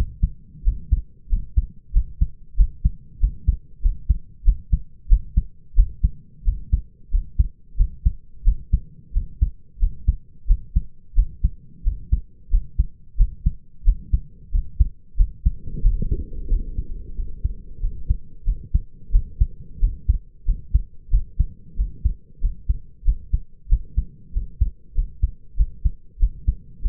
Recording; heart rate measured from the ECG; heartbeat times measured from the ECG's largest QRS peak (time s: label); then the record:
heart sounds by stethoscope; 92 bpm
0.64 s: heartbeat
1.29 s: heartbeat
1.93 s: heartbeat
2.57 s: heartbeat
3.20 s: heartbeat
3.82 s: heartbeat
4.44 s: heartbeat
5.09 s: heartbeat
5.75 s: heartbeat
6.44 s: heartbeat
7.11 s: heartbeat
7.77 s: heartbeat
8.44 s: heartbeat
9.13 s: heartbeat
9.79 s: heartbeat
10.47 s: heartbeat
11.15 s: heartbeat
11.83 s: heartbeat
12.50 s: heartbeat
13.17 s: heartbeat
13.84 s: heartbeat
14.51 s: heartbeat
15.17 s: heartbeat
15.82 s: heartbeat
16.49 s: heartbeat
17.15 s: heartbeat
17.80 s: heartbeat
18.45 s: heartbeat
19.11 s: heartbeat
19.80 s: heartbeat
20.45 s: heartbeat
21.10 s: heartbeat
21.76 s: heartbeat
22.40 s: heartbeat
23.04 s: heartbeat
23.69 s: heartbeat
24.32 s: heartbeat
24.94 s: heartbeat
25.56 s: heartbeat
26.19 s: heartbeat
26.81 s: heartbeat
From the record:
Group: healthy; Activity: cold pressor test 0-15 s, rest 15-27 s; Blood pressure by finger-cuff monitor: 113/68 mmHg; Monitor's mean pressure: 80 mmHg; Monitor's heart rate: 91 bpm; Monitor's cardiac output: 6.7 L/min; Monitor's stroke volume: 74 mL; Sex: male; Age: 22 years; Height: 181 cm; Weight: 60 kg